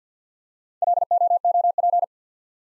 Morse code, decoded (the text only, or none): LOOP